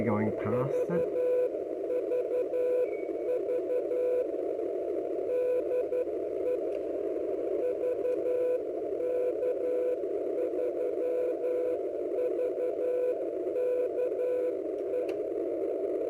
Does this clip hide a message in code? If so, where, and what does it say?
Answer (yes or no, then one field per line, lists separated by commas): yes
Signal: Morse code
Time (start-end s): 0.5-15.0 s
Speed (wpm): 11 wpm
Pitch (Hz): 500 Hz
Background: speech, radio noise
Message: VVV DE VK3VKE